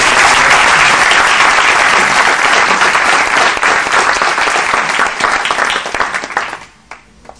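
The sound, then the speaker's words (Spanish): A crowd breaks into loud, sustained applause, a dense wash of many hands clapping that holds steady for several seconds before thinning out and fading at the end. “Pero sin más, un fuerte aplauso, por favor.”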